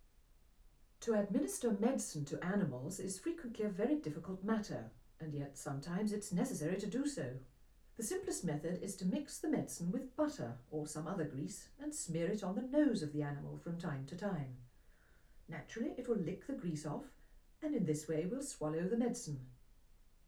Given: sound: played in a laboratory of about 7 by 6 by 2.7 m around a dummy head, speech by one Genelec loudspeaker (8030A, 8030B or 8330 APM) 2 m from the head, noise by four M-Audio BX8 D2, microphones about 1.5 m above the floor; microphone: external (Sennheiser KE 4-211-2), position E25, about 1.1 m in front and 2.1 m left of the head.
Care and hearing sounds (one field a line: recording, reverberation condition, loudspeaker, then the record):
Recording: female speech in English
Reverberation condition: low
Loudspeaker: 150 degrees to the left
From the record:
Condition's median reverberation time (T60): about 310 ms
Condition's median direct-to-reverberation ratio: about 3.5 dB